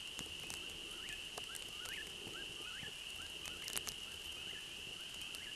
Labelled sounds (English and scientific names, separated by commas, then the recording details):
Eastern Whip-poor-will (Antrostomus vociferus) song
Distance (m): 65 m
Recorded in a Pennsylvania forest on 31 May 2023 at 21:28
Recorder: AudioMoth, point grid3_10_low
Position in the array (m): -9 m, 91 m